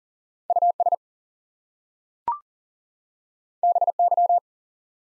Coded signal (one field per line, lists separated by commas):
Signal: Morse code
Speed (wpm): 40 wpm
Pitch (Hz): 700 Hz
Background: none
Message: US BY